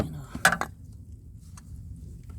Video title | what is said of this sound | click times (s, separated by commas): egr valve/cooler pipe /throttle body clean service(reset fault code)#pepitomotorworks | we should hear click yeah | 0.4 s